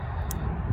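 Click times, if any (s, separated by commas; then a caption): 0.3 s. A wire terminal is pushed into the plastic connector housing on a GM 4L60E transmission wiring harness from 1996-97. Over a steady low rumble, a short, sharp click sounds at 0.3 s. The terminal sinks into position and locks in place.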